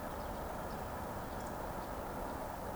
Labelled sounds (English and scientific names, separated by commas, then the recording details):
Eurasian Woodcock (Scolopax rusticola) whistle
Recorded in Baden-Württemberg, Germany, on 24 June 2020 at 19:30 UTC
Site 14569, 102 m above sea level